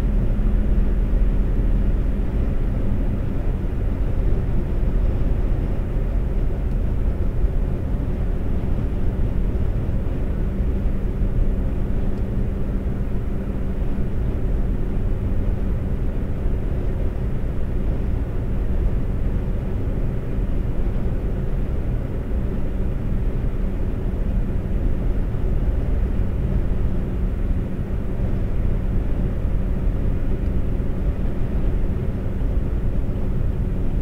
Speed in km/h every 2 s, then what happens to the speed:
134, 134, 132, 124, 124, 124, 126, 126, 126, 126, 126, 126, 126, 126, 126, 126, 126.
0-6 slows to 124. 6-34 steady at about 126.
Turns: none.